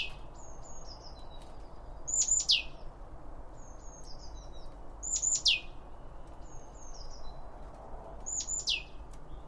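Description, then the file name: Birds call with sharp, high down-slurred notes repeated roughly every three seconds, with softer twittering chirps in between and a low hum behind. Birds around a bird feeder, recorded with two Line Audio OM1 microphones. "Birds Around Birdfeeding With Two Om 1 From Line Audio"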